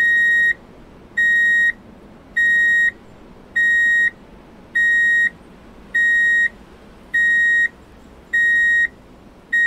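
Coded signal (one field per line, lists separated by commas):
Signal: alarm pattern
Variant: vehicle reversing beeper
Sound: steady repeating high beeps, about 9 half-second tones, one per 1.2 seconds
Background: low background noise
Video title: Drive In Reverse Beep Alert Sound / #copyrightfree / [ Copyright Free Vehicles & City Sounds ]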